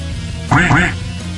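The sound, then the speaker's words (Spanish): Two quick, raspy duck quacks sound back to back, loud and nasal, over a low steady hum, then fade out. “¿Cómo que un pato más decente, señor? El pato, eso es todo indecencia, pato.”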